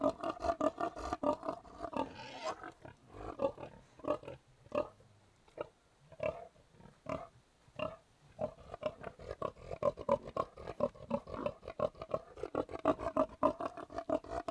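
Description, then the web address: Pig grunting in short, rough, low bursts, repeated rapidly with brief pauses, sounding like several animals overlapping. "The BBC Sound Effects Library - Complete 60 CDs Collection (Livestock) Pigs Grunting"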